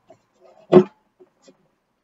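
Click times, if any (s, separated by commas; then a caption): none. A plastic blender container from a Ninja 3-in-1 mixer with Auto-iQ is set onto the food processor motor base and lined up before being pushed home. A faint tap at 0.1 s and a soft scrape are followed by a louder, full-bodied thud around 0.75 s, then two small taps near 1.2 s and 1.5 s. The container has not locked or clicked into place yet.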